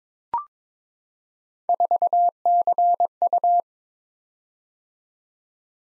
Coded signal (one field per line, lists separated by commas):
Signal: Morse code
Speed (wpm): 23 wpm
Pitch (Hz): 700 Hz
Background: none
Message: 4CU